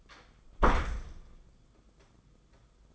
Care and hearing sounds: daily activity, microphone in the room; close door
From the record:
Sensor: 5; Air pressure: 990.6 hPa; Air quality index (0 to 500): 153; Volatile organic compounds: 187 ppm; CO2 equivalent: 4169 ppm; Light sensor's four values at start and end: 26/63/26/28 and 26/61/25/28

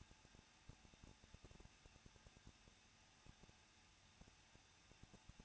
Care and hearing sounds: daily activity, microphone in the room; no activity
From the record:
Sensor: 2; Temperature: 21.0 degrees Celsius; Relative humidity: 37.5%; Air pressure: 1006.3 hPa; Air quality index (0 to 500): 223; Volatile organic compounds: 25 ppm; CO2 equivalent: 2838 ppm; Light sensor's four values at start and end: 2/3/2/2 and 2/3/2/2

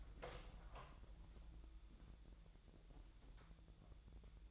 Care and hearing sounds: daily activity, microphone in the room; open door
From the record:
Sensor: 3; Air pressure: 1001.1 hPa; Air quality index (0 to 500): 249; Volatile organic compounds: 178 ppm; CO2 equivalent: 4137 ppm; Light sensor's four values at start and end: 12/29/12/12 and 12/29/12/12

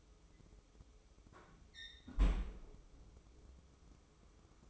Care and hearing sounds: daily activity, microphone in the room; close fridge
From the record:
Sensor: 1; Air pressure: 995.3 hPa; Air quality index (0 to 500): 25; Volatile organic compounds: 0 ppm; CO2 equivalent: 500 ppm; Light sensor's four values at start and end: 19/62/23/25 and 19/62/23/25

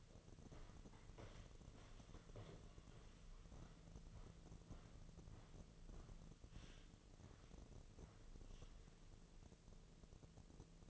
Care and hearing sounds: daily activity, microphone in the room; walk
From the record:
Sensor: 4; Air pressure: 1006.4 hPa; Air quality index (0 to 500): 82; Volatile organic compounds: 2 ppm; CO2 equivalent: 1020 ppm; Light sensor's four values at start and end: 12/27/10/10 and 12/27/10/10

